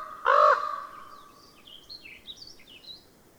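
Bird sounds: one loud harsh caw, then a faint, high, thin warbling song of short rising and falling notes.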